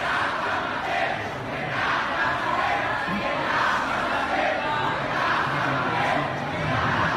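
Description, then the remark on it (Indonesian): A crowd of event participants shouting and yelling together in a loud, continuous roar of many overlapping voices, with no pauses, swelling slightly in waves throughout. “Mohon Bapak, Ibu semuanya bisa tertib, tidak berteriak-teriak.”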